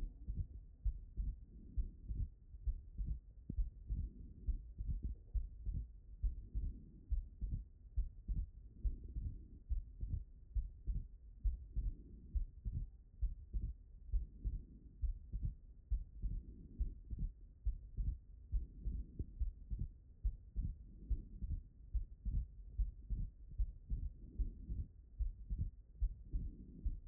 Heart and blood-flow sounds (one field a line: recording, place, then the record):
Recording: heart sounds by stethoscope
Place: pulmonary valve (PV)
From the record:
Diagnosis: non-HFrEF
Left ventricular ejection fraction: 65%